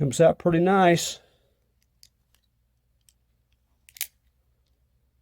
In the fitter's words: has a nice click to it when it goes back